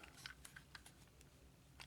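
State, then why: Not seated. A plastic accessory's two pegs are pushed into two ports on the RAM Cycle toy motorcycle from the G.I. Joe Classified 06 Cobra Island Breaker set. Only a few faint, short plastic ticks of handling are heard over a low hum. No snap or click occurs and nothing has seated audibly, though the part appears to have gone in and is attached to the bike.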